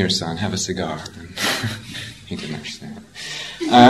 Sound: laughs

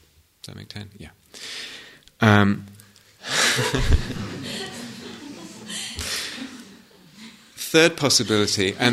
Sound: laughter

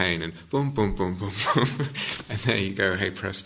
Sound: laughs

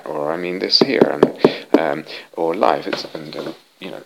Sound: knocks on something

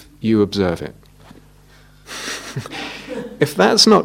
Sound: laughter

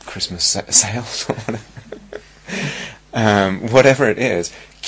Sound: laughs

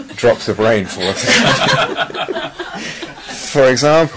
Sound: laughter

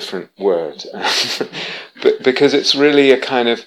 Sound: laughs

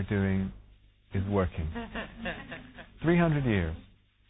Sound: laughter

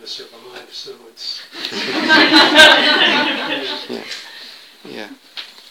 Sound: laughter

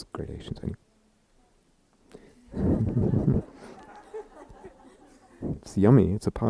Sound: laughter

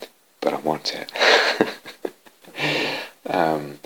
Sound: laughs

